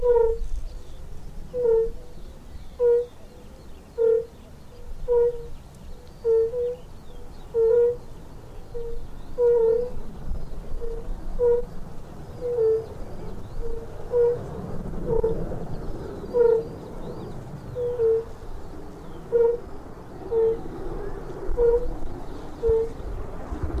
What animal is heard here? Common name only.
Fire-Bellied Toad